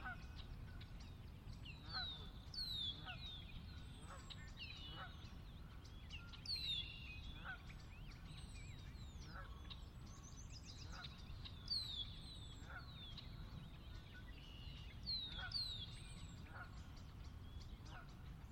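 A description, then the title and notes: Late morning in a valley, with a flock of geese honking over and over, coming every second or two with several busy bursts. Thinner, higher bird calls weave through, and a steady low wind rumble runs underneath throughout. Sinlahekin Valley late morning. The valley itself is a 16 mile long, 1/2-mile wide glacier-dug trench near the Northeastern slope of the Cascades.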